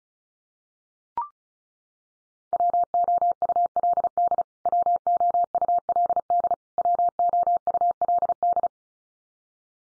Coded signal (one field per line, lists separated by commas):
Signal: Morse code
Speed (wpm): 34 wpm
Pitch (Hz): 700 Hz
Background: none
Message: WOULD WOULD WOULD